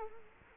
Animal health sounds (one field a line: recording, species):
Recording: mosquito wingbeat signal from an infrared sensor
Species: Culex quinquefasciatus